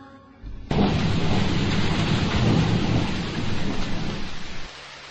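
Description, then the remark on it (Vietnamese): A sudden, heavy rain shower bursts in at the edge of a well after a quiet start, a dense, loud hiss of rain pouring steadily for several seconds before easing off at the end. “Cô đi qua hết cái hang, đến bờ giếng, thì bỗng nhiên có một trận mưa rào thật to.”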